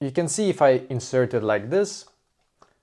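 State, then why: Partly seated. Someone talks for about two seconds while inserting a USB cable plug only partway into the port of a GameSir G7 wired controller. A faint hit follows at 2.6 s, but the plug is not fully seated and has not clicked into place, so the controller will not turn on.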